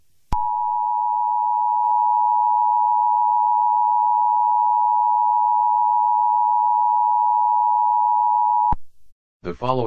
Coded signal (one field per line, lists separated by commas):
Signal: Emergency Alert System (SAME) tones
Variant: 853 and 960 Hz attention tone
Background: speech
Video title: Mini EAS SCENARIO: Red Moon